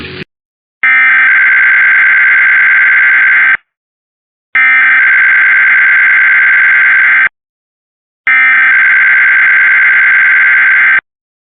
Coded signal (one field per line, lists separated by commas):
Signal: Emergency Alert System (SAME) tones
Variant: header bursts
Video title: Sacramento Required Monthly Test (EAS #897-904) 1/6/25